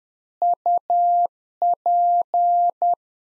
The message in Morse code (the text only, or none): UP